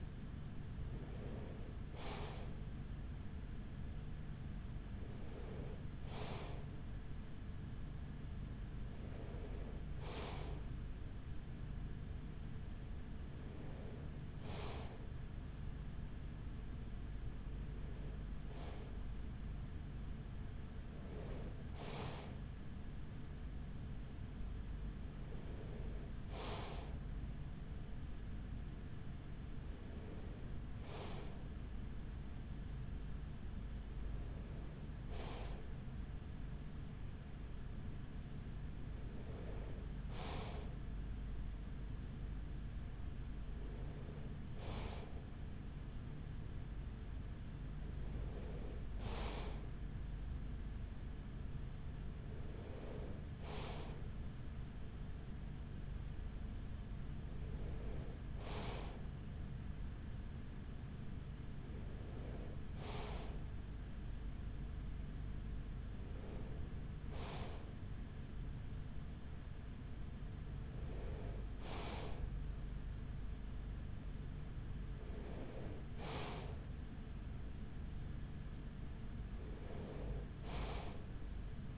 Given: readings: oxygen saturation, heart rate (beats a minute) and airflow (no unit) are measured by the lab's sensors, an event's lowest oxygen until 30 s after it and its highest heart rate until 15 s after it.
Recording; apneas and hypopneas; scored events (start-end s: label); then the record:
breathing in sleep by a smartphone at the bedside; none
37.00-67.00 s: new sleep stage, N3 (deep sleep)
67.00-81.78 s: new sleep stage, N2 (light sleep)
From the record:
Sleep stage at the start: N2 (light sleep); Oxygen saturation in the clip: 94%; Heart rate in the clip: 42 to 45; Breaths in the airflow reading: 19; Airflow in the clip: -6.9 to 6.4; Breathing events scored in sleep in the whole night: 207 in 7.6 hours asleep